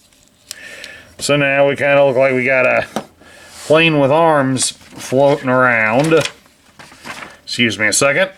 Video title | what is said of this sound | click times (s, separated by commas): Transformers Legacy Armada Starscream | and it should snap into place on that piece back there | 0.5 s